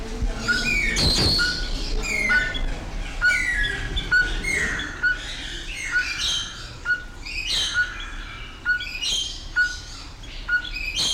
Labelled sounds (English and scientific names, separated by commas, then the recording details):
Speckled Tinkerbird (Pogoniulus scolopaceus) call
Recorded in captivity
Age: adult
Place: Zoo Berlin, Berlin, DE
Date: 1993-03-06 10:44
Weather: 3-6 °C, heiter bis wolkig
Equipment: Marantz CP 430, Sennheiser ME 80, Kopie Uher Variocord 263
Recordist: Tembrock, Günter